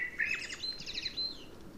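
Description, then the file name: Common blackbird giving the high, squeaky twittering tail of a song, a rapid run of thin notes with one drawn-out whistle. "Turdus merula"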